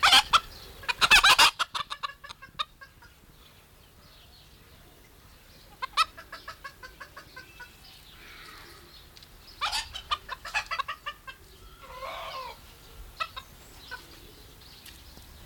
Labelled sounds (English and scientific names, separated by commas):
Red Junglefowl (Gallus gallus) call